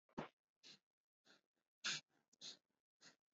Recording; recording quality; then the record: shallow breathing; excellent, no background noise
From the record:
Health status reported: exposed to COVID-19, no respiratory illness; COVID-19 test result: negative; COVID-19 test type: RT-PCR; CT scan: not taken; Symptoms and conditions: none ticked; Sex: male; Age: 22 years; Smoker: no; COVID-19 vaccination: one dose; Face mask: worn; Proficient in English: yes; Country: India